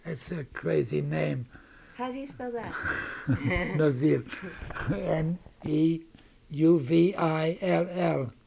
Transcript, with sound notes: That's a crazy name.
How do you spell that? ( they laugh )
N-E-U-V-I-L-L.